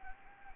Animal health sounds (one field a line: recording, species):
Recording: mosquito wingbeat signal from an infrared sensor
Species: Anopheles gambiae